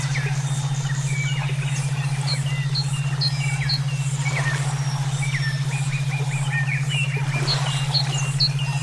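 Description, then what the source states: Songbirds chirping and whistling, many short sharp notes overlapping throughout, over a constant low hum. Used for songbird song training (omkicau), with brainwave therapy audio.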